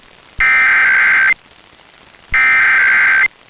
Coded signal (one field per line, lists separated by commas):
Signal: Emergency Alert System (SAME) tones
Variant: header bursts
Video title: Kentucky's RMT on WLAP-AM (EAS #792)